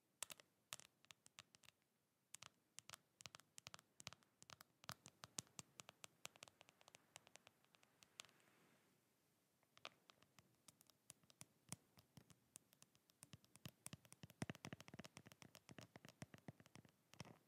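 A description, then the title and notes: Crisp tapping comes in irregular runs, sometimes rapid clusters and sometimes slower single taps. Around eight to ten seconds the tapping thins out to a soft hiss, then resumes denser and faster toward the end. A quiet background. ASMR tapping fast and slow (No Talking).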